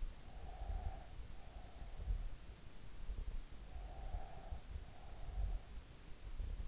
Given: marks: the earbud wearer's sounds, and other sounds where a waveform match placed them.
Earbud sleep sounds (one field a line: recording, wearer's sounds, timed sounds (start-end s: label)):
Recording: sounds in sleep by an in-ear microphone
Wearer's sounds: breath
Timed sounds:
0.30-2.62 s: breath
3.70-5.60 s: breath